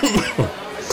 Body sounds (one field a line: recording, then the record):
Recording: coughing mixed with background sound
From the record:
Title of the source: Dry Afternoon Cough